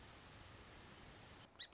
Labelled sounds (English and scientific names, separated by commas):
Song Sparrow (Melospiza melodia)